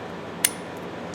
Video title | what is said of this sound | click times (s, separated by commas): Tap handle restoration, Greenfield. | and lock it in place | 0.4 s